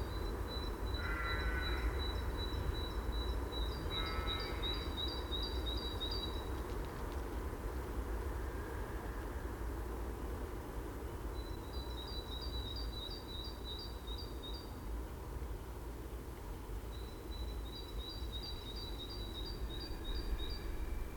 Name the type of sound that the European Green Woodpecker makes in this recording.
call